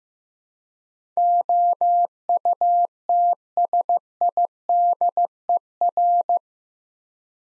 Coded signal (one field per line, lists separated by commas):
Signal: Morse code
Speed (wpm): 15 wpm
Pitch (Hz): 700 Hz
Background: none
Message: OUTSIDER